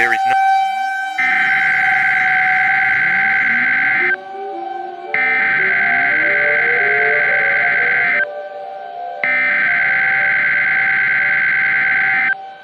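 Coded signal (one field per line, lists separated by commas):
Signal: Emergency Alert System (SAME) tones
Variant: header bursts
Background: speech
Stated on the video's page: Fictional EAS scenario with valid-sounding EAS tones and alarms for a tornado event in Iowa.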